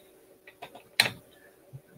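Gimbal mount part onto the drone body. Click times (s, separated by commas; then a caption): 1.0 s. A part of an aftermarket gimbal mount is pressed down onto a 3DR Solo drone body, over the rerouted GPS and signal wires, during a gimbal install. A few faint ticks and rustles come first, then a sharp click at 1.0 s as the part snaps into place and seats.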